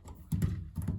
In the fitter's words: Snap the plugs into the connectors like that, slide them back around the corner,